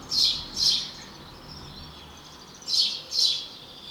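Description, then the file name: House sparrow chirps in two quick pairs, each note loud and bright, separated by a short pause with faint twittering behind. "Passer domesticus"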